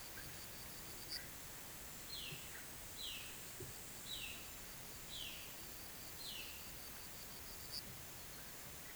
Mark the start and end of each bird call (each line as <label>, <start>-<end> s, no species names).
bird call, 1.99-6.82 s